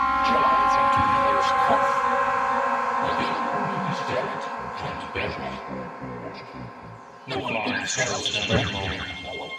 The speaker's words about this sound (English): The siren sounds like a newborn, lost amongst telephone lines of horrible news.